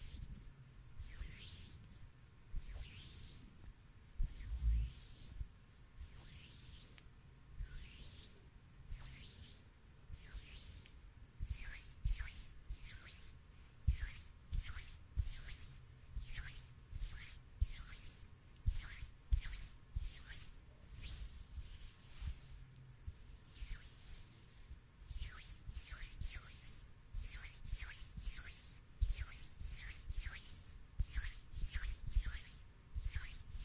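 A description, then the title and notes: Intense hand sounds: quick rubbing and brushing strokes come in rapid bursts of bright hiss, speeding up after the first fifteen seconds. ASMR HAND SOUNDS, INTENSE HAND SOUNDS, ASMR HAND MOVEMENTS.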